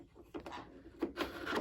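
After the loopers are threaded, a cover or blade assembly is handled and slid into a Bernina L850 air threading overlocker, producing dry rubbing and scraping sounds with a brief sharp knock around 0.5 s. The part has not snapped into place yet, and nothing has seated or clicked.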